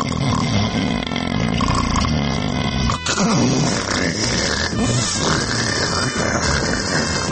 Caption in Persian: دوم پیشرفته دو طرفیه. هم تو دم صدا رو تولید میکنن هم تو بازدم. دو صدای جداگونه در یک خروپف.